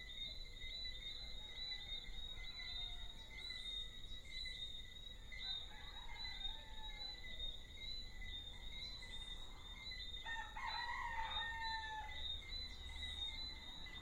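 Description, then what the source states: Frogs and roosters: a chorus of small frogs chirps continuously in high, thin notes; a rooster crows near the end, with a fainter crow heard earlier in the middle. Small frogs and roosters in an early evening soundscape at Deshaies, Guadeloupe, recorded on 19 September 2019.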